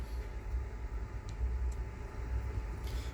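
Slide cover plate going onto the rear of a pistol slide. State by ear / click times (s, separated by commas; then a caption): not seated / none. With the striker held down, a metal slide cover plate is slid onto the back of a Stoeger STR-9 pistol slide and positioned before being pushed up to lock. Under a steady low rumble there is only faint handling noise, with a brief light tick at 1.3 s. The plate has not locked or clicked into place yet.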